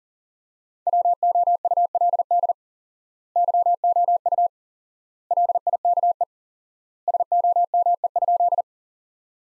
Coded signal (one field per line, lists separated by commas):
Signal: Morse code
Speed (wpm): 37 wpm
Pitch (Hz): 700 Hz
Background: none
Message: WOULD YOU LIKE SOME?